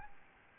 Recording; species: mosquito wingbeat signal from an infrared sensor; Aedes albopictus